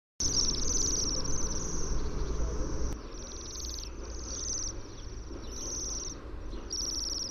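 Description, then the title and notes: Bohemian waxwing calls: a series of high, sibilant trilled notes, with low background rumble. "Sidensvans by forskningno"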